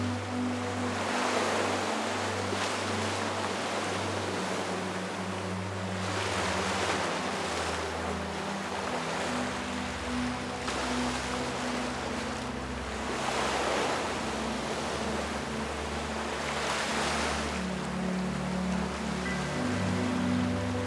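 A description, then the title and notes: Waves roll in steadily, each surge a soft hiss that swells and fades roughly every five seconds, with peaks near 1, 7, 12 and 17 seconds. Underneath runs a constant low hum with shifting tones, like an engine, throughout the clip. The sound of the waves.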